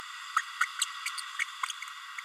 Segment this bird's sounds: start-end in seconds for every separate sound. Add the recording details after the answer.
0.36-0.42, 0.60-0.66, 0.81-0.85, 1.39-1.44. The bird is a female. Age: 30 days. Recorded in a nest box in Venezuela. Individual 17B32A7